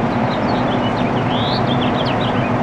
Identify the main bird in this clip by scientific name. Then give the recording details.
Haemorhous mexicanus. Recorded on Long Island, New York, on 13 June 2011. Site MH. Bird B